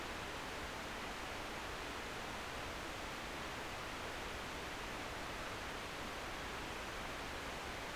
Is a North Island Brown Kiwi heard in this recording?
no